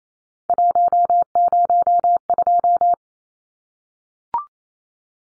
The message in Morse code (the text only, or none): 102